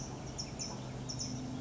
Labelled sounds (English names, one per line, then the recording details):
California Towhee
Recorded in Sonoma County, California